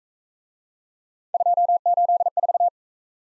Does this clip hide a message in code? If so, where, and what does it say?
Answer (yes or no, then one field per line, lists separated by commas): yes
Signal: Morse code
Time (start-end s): 1.3-2.7 s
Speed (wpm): 44 wpm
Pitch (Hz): 700 Hz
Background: none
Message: 284